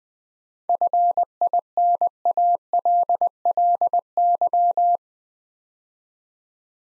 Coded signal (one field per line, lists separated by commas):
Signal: Morse code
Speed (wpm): 20 wpm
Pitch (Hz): 700 Hz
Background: none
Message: FINALLY